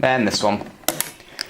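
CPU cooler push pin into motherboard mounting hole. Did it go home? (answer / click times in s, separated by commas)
yes / 0.9 s, 1.0 s, 1.4 s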